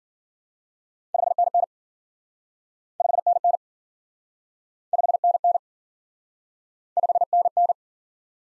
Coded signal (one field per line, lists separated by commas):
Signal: Morse code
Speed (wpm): 52 wpm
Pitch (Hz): 700 Hz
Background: none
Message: 5NN 5NN 5NN 5NN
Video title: Top 20 QSO Elements - Speed-Racing - 40wpm